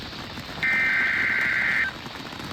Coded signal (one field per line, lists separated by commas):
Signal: Emergency Alert System (SAME) tones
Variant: header bursts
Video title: Eas alerts While I am camping eas alerts From 6/24-25/24 (read description)